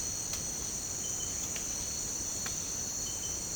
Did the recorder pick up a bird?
no